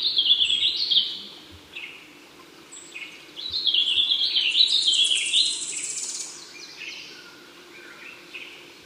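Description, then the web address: Common chlorospingus calls: high, thin chips and sweeping twitters in quick irregular bursts, louder at the start and middle, over a faint steady background hum. "vocalizaciones chl oph"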